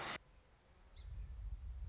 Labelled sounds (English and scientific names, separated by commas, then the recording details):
Song Sparrow (Melospiza melodia)
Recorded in Sonoma County, California